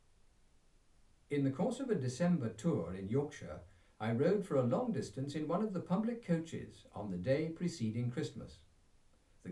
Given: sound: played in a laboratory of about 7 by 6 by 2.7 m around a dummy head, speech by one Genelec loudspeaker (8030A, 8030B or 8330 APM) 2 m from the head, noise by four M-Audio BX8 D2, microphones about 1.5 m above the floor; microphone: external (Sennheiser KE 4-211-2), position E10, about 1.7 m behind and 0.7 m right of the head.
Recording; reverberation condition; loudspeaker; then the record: male speech in English; low; 60 degrees to the right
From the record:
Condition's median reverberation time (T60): about 310 ms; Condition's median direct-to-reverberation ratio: about 3.5 dB